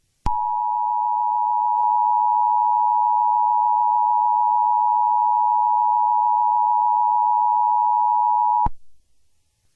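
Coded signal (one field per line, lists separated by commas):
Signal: Emergency Alert System (SAME) tones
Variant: 853 and 960 Hz attention tone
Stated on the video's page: Fictional EAS scenario using valid EAS tones.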